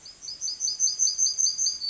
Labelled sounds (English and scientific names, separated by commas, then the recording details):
Yellowhammer (Emberiza citrinella) song
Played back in grassland
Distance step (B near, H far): C
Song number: 053